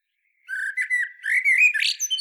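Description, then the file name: Common blackbird delivering one flowing fluted phrase that rises into a squeaky, buzzy twittered finish. "Turdus merula"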